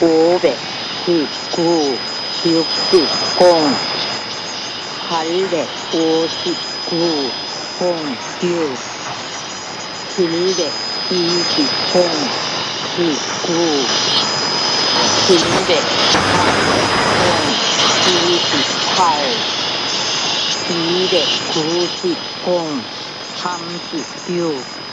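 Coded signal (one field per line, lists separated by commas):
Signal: numbers station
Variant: V24, Korean language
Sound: a voice reading digit groups in steady rhythm through hiss and static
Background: radio static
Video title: 5900kHz V24 Korean numbers station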